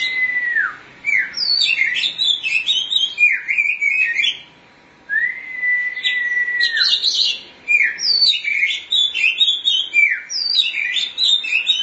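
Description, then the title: Oriental magpie-robin song repeating falling whistled notes and a long level whistle amid quick chattering chirps, with one short pause. "Suara Kicauan Burung Kacer"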